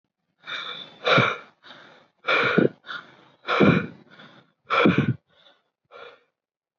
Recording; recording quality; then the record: deep breathing; excellent, no background noise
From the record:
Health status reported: recovered from COVID-19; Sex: male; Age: 25 years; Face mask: not worn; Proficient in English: yes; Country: India